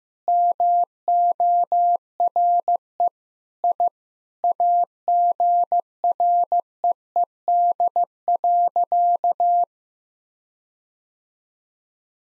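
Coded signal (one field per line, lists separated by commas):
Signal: Morse code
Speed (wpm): 16 wpm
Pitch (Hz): 700 Hz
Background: none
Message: MORE I AGREED.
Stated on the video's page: Sentence-copying drill of common nine-word phrases at 15 wpm, first words spoken, each sentence sent in Morse, then spoken, then sent again.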